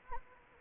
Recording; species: mosquito wingbeat signal from an infrared sensor; Anopheles arabiensis